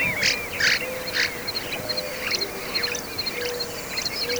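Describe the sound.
Bank swallow calls: harsh buzzy chirps in quick bursts, louder early, then continuing as fainter scratchy twitters.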